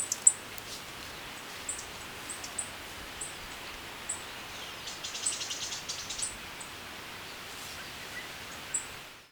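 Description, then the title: Black-crested Warbler calling: a series of short, high-pitched chips, irregular and sometimes in quick clusters, over steady background hiss. "Myiothlypis Nigrocristata"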